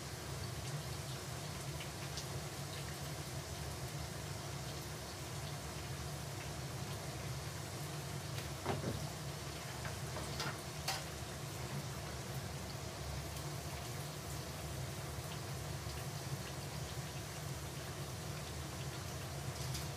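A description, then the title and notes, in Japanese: Food deep-frying in oil, a dense, steady sizzle that holds evenly for the whole stretch, with a low rumble underneath. Tiny pops crackle constantly through the hiss, and a few sharper spits stand out around the nine- and eleven-second marks. 揚げ物の音。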